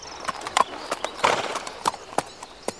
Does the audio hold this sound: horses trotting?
yes